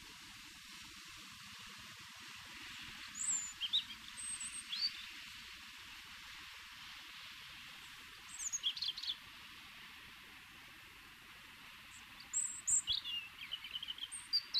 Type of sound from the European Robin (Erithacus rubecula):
song